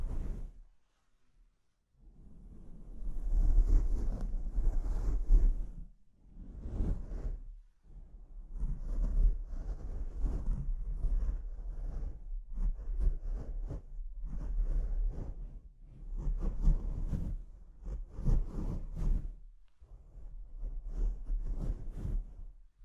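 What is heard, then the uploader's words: Rough scratching and rubbing against a microphone comes in irregular bursts, with a heavy low rumble under each one. The handling noise starts after a short quiet opening and keeps going almost without pause, swelling and easing every second or two, with brief gaps near the sixth and eighth seconds. ASMR Brain Melting Mic Scratching (No Talking).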